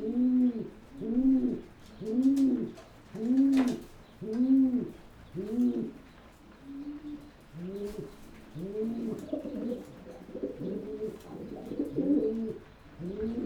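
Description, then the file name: Pigeon cooing in a regular series of hollow notes about one per second, one sharp click, then the coos grow overlapping and more jumbled. "holub"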